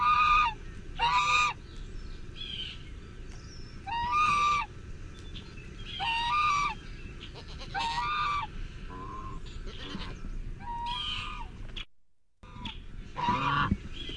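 Goose giving loud nasal honks in an irregular series, one every one to three seconds, over a constant background hiss, with a short silent gap near the end.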